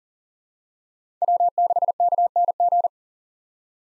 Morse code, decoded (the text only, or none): W6KNG